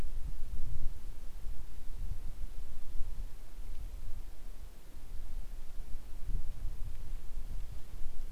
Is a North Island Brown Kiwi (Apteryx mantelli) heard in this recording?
no